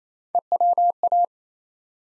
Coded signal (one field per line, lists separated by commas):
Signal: Morse code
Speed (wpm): 29 wpm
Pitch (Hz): 700 Hz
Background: none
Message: EWA